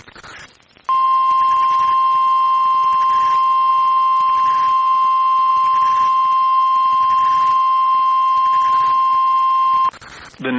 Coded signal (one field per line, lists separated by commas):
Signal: Emergency Alert System (SAME) tones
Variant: 1050 Hz attention tone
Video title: EAS #1,712 Online NOAA Weather Radio Tornado Watch #2 1/5/25